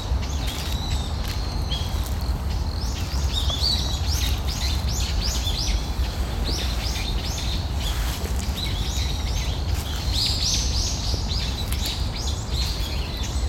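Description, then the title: Japanese bush warbler calls: short, dry, clicking chirps repeated in quick bursts, over a steady rushing hiss like flowing water. Autumn; recorded during a morning walk in a park. "公園の朝散歩より. 秋のウグイス"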